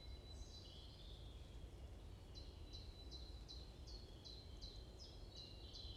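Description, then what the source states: Birds chirping: a brief warble at first, then a regular string of crisp descending chips, set against low, even background noise. Morning birds chirping in a forest at Bosvoorde, Watermaal-Bosvoorde, Brussels, Belgium; described as peaceful; recorded with an AMBE VR microphone.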